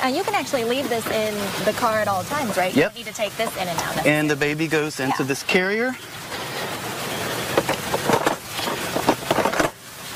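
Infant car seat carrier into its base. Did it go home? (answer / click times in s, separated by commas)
yes / 9.3 s, 9.6 s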